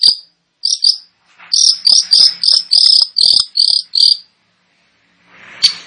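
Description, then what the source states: Long-tailed shrike song of fast, clipped, high chattering notes in a dense burst, then a pause and a faint rustle. Indonesian name cendet; described as gacor, actively and vigorously singing.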